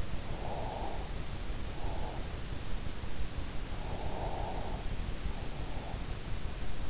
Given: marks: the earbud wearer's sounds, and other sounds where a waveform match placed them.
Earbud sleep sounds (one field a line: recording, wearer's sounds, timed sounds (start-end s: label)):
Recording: sounds in sleep by an in-ear microphone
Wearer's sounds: breath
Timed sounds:
0.43-2.19 s: breath
3.85-5.94 s: breath